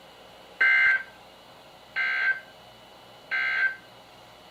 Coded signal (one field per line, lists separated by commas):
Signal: Emergency Alert System (SAME) tones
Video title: EAS #1411-#1424: LOTS of Flooding | KHB36, WXM42, & WNG736